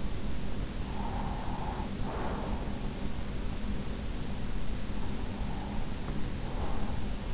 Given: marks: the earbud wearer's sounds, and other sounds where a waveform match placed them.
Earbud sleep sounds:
sounds in sleep by an in-ear microphone; breath
0.83-3.00 s: breath
5.15-7.34 s: breath

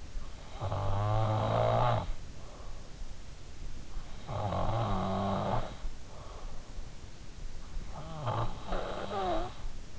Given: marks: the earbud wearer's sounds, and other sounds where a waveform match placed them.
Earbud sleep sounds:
sounds in sleep by an in-ear microphone; snoring breath
0.00-2.80 s: snoring breath
3.83-6.06 s: snoring breath
7.54-9.99 s: snoring breath

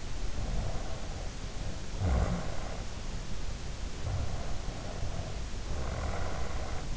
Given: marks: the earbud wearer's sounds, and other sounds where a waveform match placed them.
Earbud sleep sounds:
sounds in sleep by an in-ear microphone; snoring breath
0.31-2.80 s: snoring breath
3.97-6.96 s: snoring breath

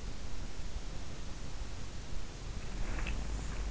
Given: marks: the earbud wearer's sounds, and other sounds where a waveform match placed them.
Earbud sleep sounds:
sounds in sleep by an in-ear microphone; breath
2.55-3.49 s: breath

